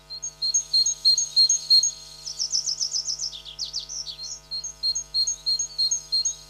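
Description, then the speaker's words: Great tit calling: bright, high, clipped notes repeated rapidly, with a brief run of faster, lower, falling notes in the middle before the steady pattern resumes. Played on a radio show between segments. "Det du hørte der, det var en eh, kjøttmeis."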